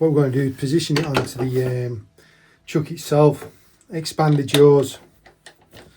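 Someone talks while a wooden bowl blank is being positioned onto a lathe chuck, ready for the chuck jaws to be expanded into its recess. Two faint, short ticks are heard near the end, at about 5.3 s and 5.5 s. The clip ends before the blank is locked in, so nothing has seated yet.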